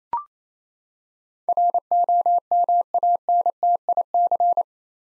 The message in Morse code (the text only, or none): ROMANTIC